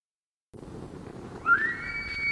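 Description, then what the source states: Roosevelt elk bugle begins after a stretch of rushing background noise, with a whistled tone sliding sharply upward and holding high at the end. Roosevelt elk, the largest surviving elk in North America, known as "Rainforest Elk"; bugling male in a forest glade, Olympic National Park, Olympic Peninsula, Pacific Northwest; recorded with a parabolic microphone.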